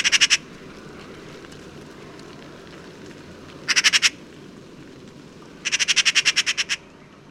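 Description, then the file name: Eurasian magpie chattering: harsh rattling bursts of rapid pulses, a short one at the start, another near four seconds, then a longer run of many pulses. "Pica pica"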